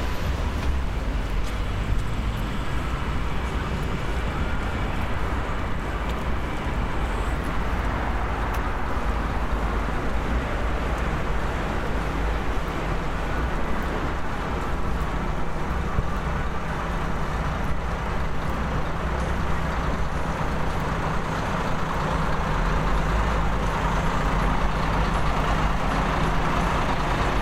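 A steady, dense rumble of idling buses fills the street near the station, low and constant, with faint murmurs and clatter around it.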